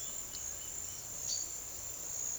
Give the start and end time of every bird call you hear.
0.92s-1.54s: bird call (3.4-6.1 kHz)

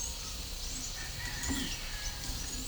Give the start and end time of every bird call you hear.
1.01s-2.05s: bird call (0.3-4.2 kHz)

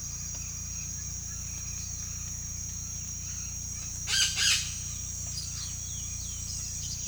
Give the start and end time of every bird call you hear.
4.07s-4.56s: bird call (1.3-5.9 kHz)
5.34s-7.07s: bird call (2.3-5.6 kHz)

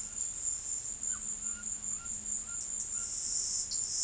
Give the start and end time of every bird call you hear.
0.96s-3.11s: bird call (0.9-1.8 kHz)

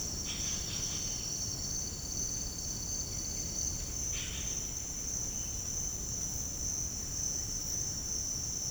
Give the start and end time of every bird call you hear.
0.00s-1.03s: bird call (1.3-4.3 kHz)
3.06s-3.47s: bird call (1.5-3.2 kHz)
3.94s-4.57s: bird call (1.3-4.5 kHz)
5.20s-5.63s: bird call (1.9-3.6 kHz)

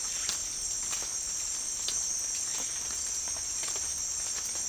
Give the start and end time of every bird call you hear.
0.03s-3.10s: bird call (1.0-4.4 kHz)

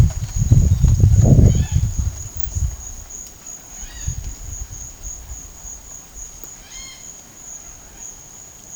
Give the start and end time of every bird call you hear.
1.42s-1.83s: bird call (0.8-4.4 kHz)
3.75s-4.12s: bird call (1.0-5.6 kHz)
6.61s-7.07s: bird call (1.3-6.0 kHz)

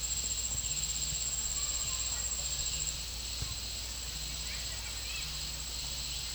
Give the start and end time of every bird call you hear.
1.51s-2.44s: bird call (0.6-2.1 kHz)

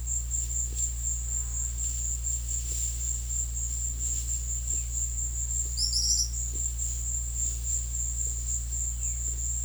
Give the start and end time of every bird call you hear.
5.68s-6.36s: bird call (4.1-6.4 kHz)

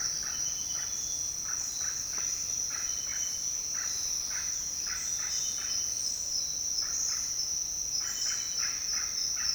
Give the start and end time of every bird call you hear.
0.00s-5.88s: bird call (1.0-2.6 kHz)
6.68s-7.33s: bird call (1.0-2.6 kHz)
7.96s-9.54s: bird call (0.8-3.5 kHz)

